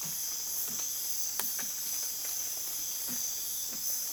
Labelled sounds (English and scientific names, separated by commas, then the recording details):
none
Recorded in dense forest near Puerto Asís, Putumayo, Colombia, on 25 June 2025 at 04:00
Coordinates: 0.484, -76.325
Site H65